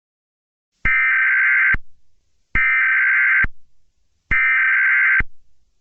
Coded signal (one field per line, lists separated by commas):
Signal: Emergency Alert System (SAME) tones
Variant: header bursts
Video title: EAS Flash Flood Warning for Virginia